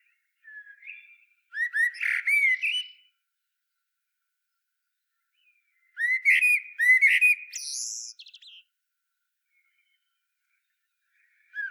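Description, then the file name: Common blackbird singing two mellow, fluted phrases separated by a long silence, each finished with a scratchy, high-pitched twittering flourish, with a third phrase just starting at the end. "Turdus merula"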